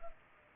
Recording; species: mosquito wingbeat signal from an infrared sensor; Culex pipiens